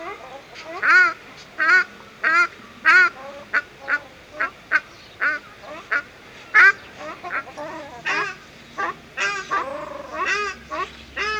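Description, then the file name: Ruddy shelduck calls, loud nasal honks repeated in uneven bursts, some short and clipped, others drawn out, with softer background calls between. Recorded at a zoo in the Netherlands. "Artis, casarca - Sound Cloud - Beeld en Geluid"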